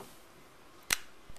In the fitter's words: snaps into place and there we are and that is about as simple as it can possibly get